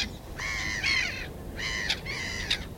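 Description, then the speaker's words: Great Reed Warbler song: harsh, grating, croaking notes in two short bursts with a brief pause between them, over faint steady background noise. Two singing males settling on a reserve in Île-de-France, France, where the species is regionally critically endangered; recorded 25 June 2019. "On entend la rousserolle turdoïde qui chante, une espèce en danger critique d'extinction au niveau régional."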